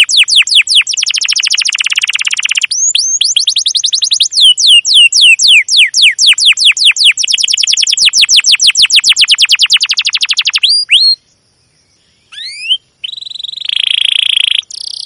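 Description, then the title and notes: Domestic canary giving a long, rapid chirping trill of sharp descending notes for about ten seconds, a brief pause, then buzzy rolls. Long, continuous chirping canary song used as a lure to train young canaries to learn the sound. "CUIT CUIT NGEROL LANGSUNG GACOR PANJANG Kenari Ini AMPUH Utk Pancingan KENAR. PANCINGAN Kenari GACOR PANJANG Cuit CUIT EMOSI ini AMPUH utk MASTERAN Kenari PAUD belajar BUNYI. burung kenari"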